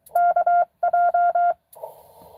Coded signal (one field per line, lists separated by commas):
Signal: Morse code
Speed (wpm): 23 wpm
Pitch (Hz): 700 Hz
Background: none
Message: KJ